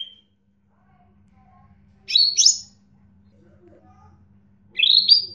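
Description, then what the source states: Bird calls, two quick rising chirpy phrases a few seconds apart, bright and slurred. Chirping bird song compiled to train and tutor pet birds.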